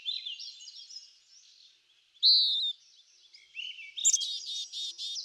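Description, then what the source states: Birds chirping and warbling: a jumbled high phrase, a sharp sustained note, then a buzzy trill of rapid notes. Birds in a backyard; ambient nature sounds.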